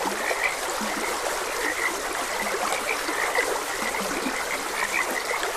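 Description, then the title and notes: Frog chorus of brief repeated croaks, some lower notes mixed in, against continuous running stream water. Frogs croaking beside a gentle stream. "Gentle Stream and Frogs Croaking. Sleep and Relaxation Podcast"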